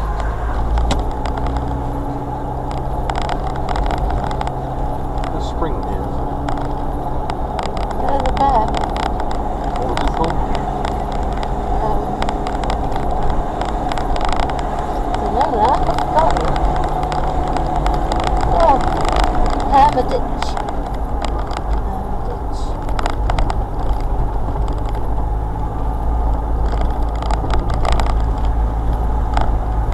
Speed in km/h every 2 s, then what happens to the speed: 24, 26, 26, 27, 29, 29, 29, 27, 27, 27, 23, 18, 18, 18, 18.
0-18 steady at about 27. 18-22 slows to 18. 22-30 steady at about 18.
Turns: none.